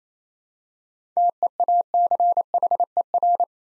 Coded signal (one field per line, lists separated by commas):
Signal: Morse code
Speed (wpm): 29 wpm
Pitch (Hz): 700 Hz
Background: none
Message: TEACHER